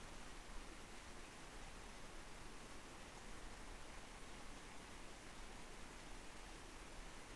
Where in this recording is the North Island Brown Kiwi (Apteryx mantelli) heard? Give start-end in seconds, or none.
none